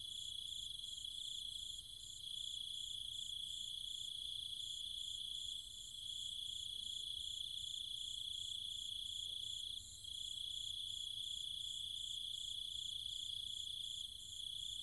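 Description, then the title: Cicada chorus at night, a continuous high-pitched drone joined by rapid rhythmic pulsing higher still, with a few short dips in volume along the way. Cicadas and other insects calling at night in trees and fields, Chiang Mai, Thailand. "Cicada countryside, Thailand"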